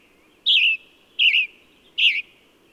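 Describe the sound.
Bird producing three drawn-out, warbled chirps spaced under a second apart, with a thin steady tone and low hum beneath.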